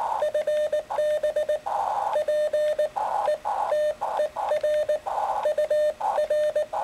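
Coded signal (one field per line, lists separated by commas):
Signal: Morse code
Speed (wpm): 19 wpm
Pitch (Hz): 600 Hz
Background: none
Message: FB PETER UR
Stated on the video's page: Morse contact with New Zealand made using 2 watts.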